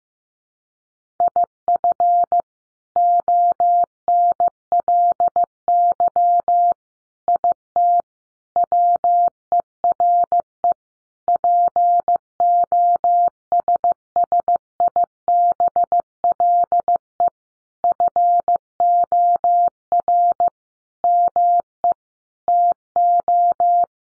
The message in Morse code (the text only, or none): IF ONLY IT WERE POSSIBLE FOR ME TO